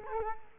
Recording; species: mosquito wingbeat signal from an infrared sensor; Culex quinquefasciatus